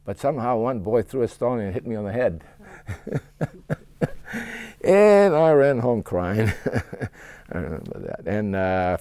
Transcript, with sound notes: But somehow one boy threw a stone and hit me on the head. ( laughs) And I ran home crying. I remember that.